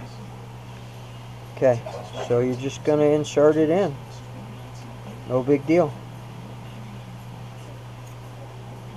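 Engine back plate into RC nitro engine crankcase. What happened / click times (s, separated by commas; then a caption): The part is being positioned but has not snapped in yet / none. A sealed back plate for a Dynamite .28 RTR RC nitro engine is lined up with its arrow pointing up and inserted into the engine crankcase while someone talks over a steady low hum. Nothing has snapped or clicked into place yet.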